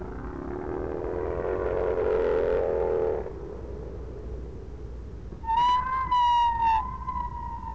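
Whale call: a harsh, noisy moan lasts about three seconds, then a loud tonal cry rich in overtones wavers and dips before holding steady near the end.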